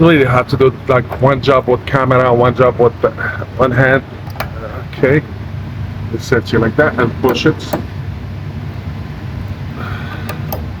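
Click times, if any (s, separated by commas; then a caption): 10.3 s, 10.5 s. A fuel line quick-connect coupling is lined up on the new fuel filter of a 1997–2003 Ford F-150 and pushed on by hand while someone talks. After a stretch of quieter handling noise, two sharp clicks at 10.3 s and 10.5 s mark the coupling snapping home and seating on the filter.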